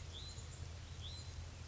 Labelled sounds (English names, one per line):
Hutton's Vireo